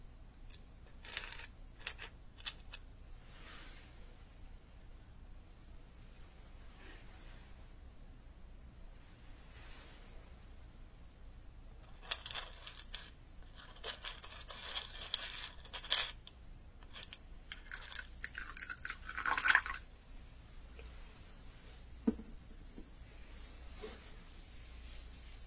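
Trigger sounds of traditional Chinese medicine being dispensed and pounded: crisp ticks, taps and rustles arrive in loose clusters, busiest around 12 to 16 seconds. A brief squeak and louder knock come near 19 seconds over a faint low hum.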